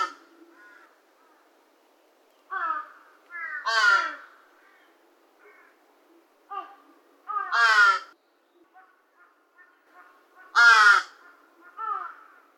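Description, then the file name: Large-billed crow calls: harsh, hoarse caws in several bursts, some grating and drawn out, with softer croaks between them. Juvenile; recorded at Kitamoto, 17 June 2022, 16:40. "hashibutogarasu. kitamoto"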